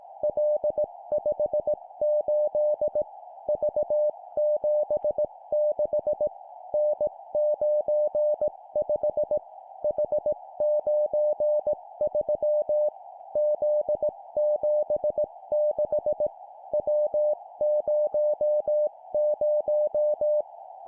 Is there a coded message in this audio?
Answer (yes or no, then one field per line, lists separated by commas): yes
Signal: Morse code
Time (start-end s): 0.2-20.4 s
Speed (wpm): 18 wpm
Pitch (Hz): 600 Hz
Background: music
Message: L58 V76 N95 H93 Z76 W00